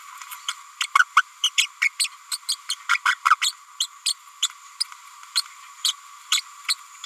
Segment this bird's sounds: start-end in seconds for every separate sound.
0.47-0.53, 0.81-0.84, 0.98-1.04, 1.17-1.22, 1.43-1.50, 1.57-1.67, 1.81-1.90, 1.99-2.08, 2.31-2.37, 2.48-2.55, 2.69-2.75, 2.89-2.98, 3.05-3.15, 3.30-3.35, 3.41-3.53, 3.80-3.87, 4.05-4.14, 4.80-4.84, 5.35-5.42, 5.84-5.93, 6.31-6.42, 6.68-6.75